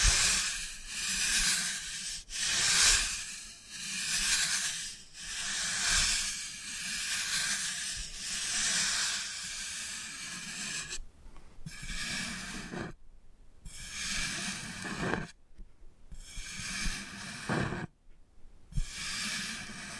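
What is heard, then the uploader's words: Ear picking with various props: soft, hissing scratches and rubs that swell and fade in slow waves roughly every second for the first ten seconds. After that the strokes turn choppier and brighter, broken by short near-silent gaps around 11, 13, 16 and 18 seconds. 3D panoramic ear picking with various props.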